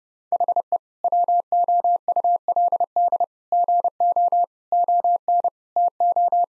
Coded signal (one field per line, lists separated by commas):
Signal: Morse code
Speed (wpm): 30 wpm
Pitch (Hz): 700 Hz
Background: none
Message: HE WOULD GO ON TO